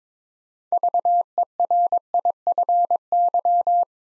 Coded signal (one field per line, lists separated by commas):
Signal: Morse code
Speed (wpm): 23 wpm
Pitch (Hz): 700 Hz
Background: none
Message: VERIFY